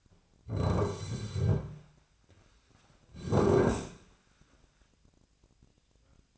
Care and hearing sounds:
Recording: daily activity, microphone in the room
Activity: sit down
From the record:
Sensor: 2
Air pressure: 1009.1 hPa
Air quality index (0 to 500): 170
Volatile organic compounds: 2 ppm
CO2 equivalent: 1242 ppm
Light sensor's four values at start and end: 38/100/42/45 and 36/97/40/44

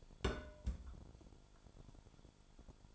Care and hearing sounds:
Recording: daily activity, microphone in the room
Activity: place on stove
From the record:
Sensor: 5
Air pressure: 1008.0 hPa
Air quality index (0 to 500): 109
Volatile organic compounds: 1 ppm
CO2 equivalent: 842 ppm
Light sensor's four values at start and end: 27/56/25/25 and 27/56/25/25

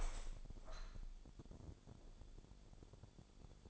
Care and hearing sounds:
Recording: daily activity, microphone in the room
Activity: open window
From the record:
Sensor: 5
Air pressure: 1000.6 hPa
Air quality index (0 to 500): 148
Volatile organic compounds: 2 ppm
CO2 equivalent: 1136 ppm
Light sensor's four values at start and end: 40/96/40/43 and 41/96/40/43

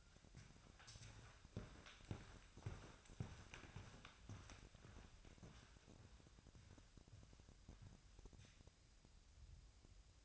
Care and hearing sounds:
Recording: daily activity, microphone in the room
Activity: walk to room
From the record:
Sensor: 2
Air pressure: 999.3 hPa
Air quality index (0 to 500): 193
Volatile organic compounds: 26 ppm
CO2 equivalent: 2854 ppm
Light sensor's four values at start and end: 7/16/6/7 and 7/17/7/7

